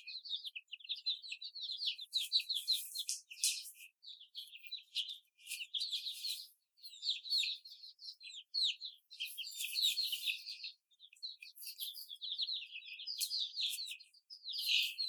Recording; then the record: young laying hens in a cage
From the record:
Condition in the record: before the stressor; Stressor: simulated dog barking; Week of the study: 4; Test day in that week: 2